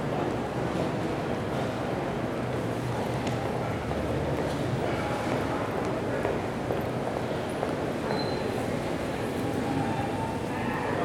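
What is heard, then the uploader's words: A slow day at the market: a steady, dense murmur of voices and low rumble runs through the whole stretch without letting up. A faint high tone surfaces briefly past the halfway mark, and small clinks and thin tones come and go near the end. Slow Day at the Market.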